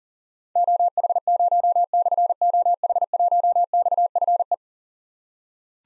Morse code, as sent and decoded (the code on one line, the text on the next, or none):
--- .... ----- -..-. --- .... .---- -..- ..-. .
OH0/OH1XFE